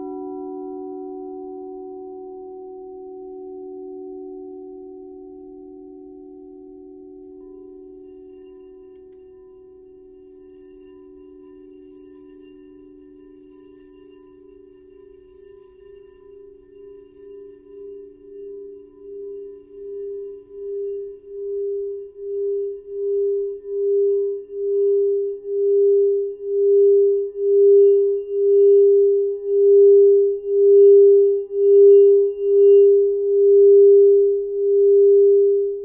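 A crystal singing bowl sustains a pure, steady tone with a soft lower hum beneath it. Around the midpoint the sound begins to pulse, a slow wavering beat that grows louder and more pronounced, swelling rhythmically about once a second through the end.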